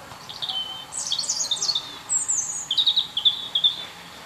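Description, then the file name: European robin song, a continuous high, liquid phrase of shifting whistles, trills and quick twittering notes. "Erithacus rubecula"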